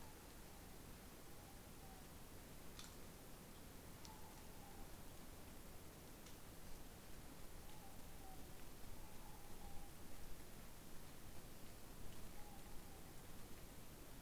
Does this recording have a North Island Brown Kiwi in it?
no